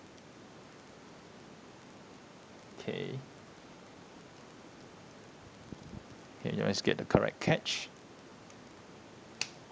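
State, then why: Seated. Someone talks while engaging the catch of the flight unit into the backpack connector of a Bandai Metal Build Gundam Astray Red Frame die-cast and plastic collectible figure, from the Flight Unit Option Set. A single sharp click at 9.4 s marks the catch seating into place, after which a portion is pressed down to lock it.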